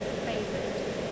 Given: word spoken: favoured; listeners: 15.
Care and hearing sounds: one English word in noise, from a listening test; speech-shaped noise; -6.9 dB; 9 of 15; 6 of 15; 0.72 s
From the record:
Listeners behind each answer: 9, 6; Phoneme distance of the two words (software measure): 24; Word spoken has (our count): 2 syllables, 5 phonemes, stress on syllable 1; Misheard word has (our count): 3 syllables, 7 phonemes, stress on syllable 1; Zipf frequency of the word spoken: 3.58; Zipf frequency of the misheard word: 5.13

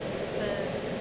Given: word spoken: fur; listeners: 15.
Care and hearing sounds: one English word in noise, from a listening test; speech-shaped noise; -5.7 dB; 2 of 15; 10 of 15; 0.61 s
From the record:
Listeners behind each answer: 10, 2, 1, 1, 1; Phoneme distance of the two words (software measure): 17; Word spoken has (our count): 1 syllable, 2 phonemes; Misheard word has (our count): 1 syllable, 3 phonemes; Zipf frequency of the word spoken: 4.03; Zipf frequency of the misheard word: 4.85

